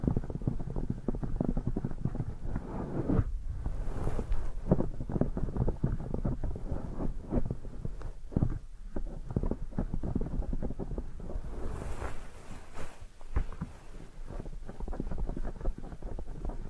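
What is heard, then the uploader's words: Deep ear massage sounds: muffled rubbing and pressing that stays dense and low, with a rumbling, crackly texture. Brief pauses break the motion near 3, 8 and 13 seconds, and a few softer, airier brushing strokes pass around 4 and 12 seconds. ASMR Deep Ear Massage for Sleep(No Talking).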